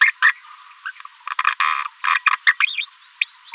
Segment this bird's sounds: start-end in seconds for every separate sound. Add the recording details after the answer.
0.01-0.11, 0.22-0.32, 0.85-0.92, 1.47-1.52, 1.85-1.87, 2.15-2.19, 2.26-2.30, 2.47-2.52, 3.21-3.26, 3.47-3.52. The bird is a female. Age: 27 days. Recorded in a nest box in Venezuela. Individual 17B73B2